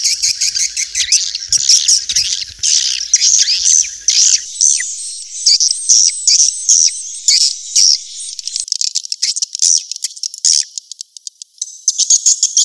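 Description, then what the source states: Swiftlet chirping calls, rapid high-pitched twittering bursts repeated in quick irregular succession throughout, with brief gaps near the end. Used for swiftlet farming in Asia.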